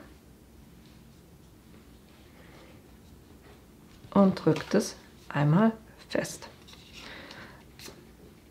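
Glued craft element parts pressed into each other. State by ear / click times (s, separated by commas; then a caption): seated / 7.3 s, 7.8 s. Two glued parts of a handmade craft element are pressed firmly into each other after glue is applied, while someone talks. They snap together into place with clicks at 7.3 s and 7.8 s.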